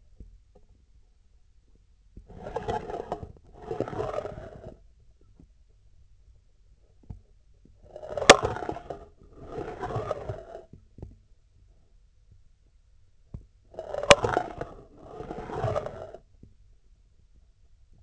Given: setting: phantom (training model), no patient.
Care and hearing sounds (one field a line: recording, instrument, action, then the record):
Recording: laparoscopic instrument, vibration sensor on the handle end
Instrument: scissors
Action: approaching and retracting movements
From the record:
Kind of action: spatial motion